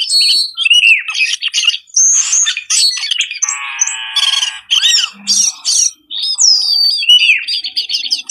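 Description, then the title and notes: Birds in a dense, overlapping mix of harsh squawks, chattering and sweeping whistles, the notes bursting out in rapid clusters. Compilation of lure sounds meant to attract stubborn, wary birds that are hard to approach. "Suara Burung Bandel Yang Susah Mendekati. Kompilasi Suara Pikat Burung"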